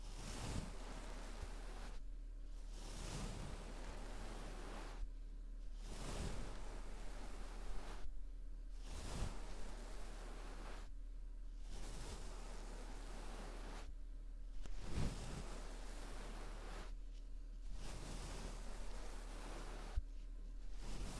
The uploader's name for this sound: Deep & Intense Ear Triggers Q-tips, felt ghosts, brushes & plastic coasters